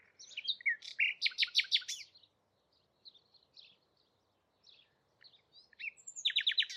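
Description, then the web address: Bird song: a loud burst of rapid high notes, then soft scattered chirps, then another quick run of repeated notes. "cianscape birddata Deverinetal 2025 Bird Only"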